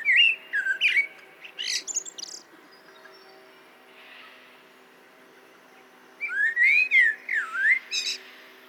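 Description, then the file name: Common blackbird singing two phrases of rich, warbled whistles, each closing with thin high twittering notes, separated by a pause of several seconds. "Turdus merula"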